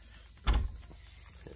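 A pickup truck bed cap (shell) lid with gas shocks and locks is swung shut onto the truck bed, landing as a single heavy, broadband thud with a deep low-end boom at 0.5 s that rings out over the next couple of tenths of a second. The lid's latch catches on this closing, leaving only a faint steady hiss afterward.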